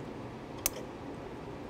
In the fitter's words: here pushing in until they click making sure we have a good connection